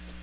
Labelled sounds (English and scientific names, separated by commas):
Chestnut-sided Warbler (Setophaga pensylvanica) flight call